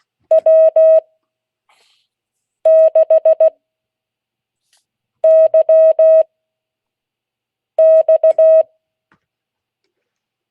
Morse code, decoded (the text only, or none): W6YX